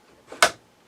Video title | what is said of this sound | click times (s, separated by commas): Sew Tech PA116M 260x200mm Magnetic Embroidery Hoop Review | you can just slide it in, and you will hear a click. | 0.4 s